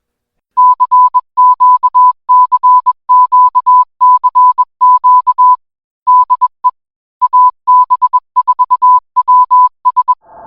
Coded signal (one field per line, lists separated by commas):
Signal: Morse code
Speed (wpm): 21 wpm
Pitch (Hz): 1000 Hz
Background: music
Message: CQ CQ CQ DE AB4WS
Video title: AB4WS RADIO SHOW Week of July 12, 2024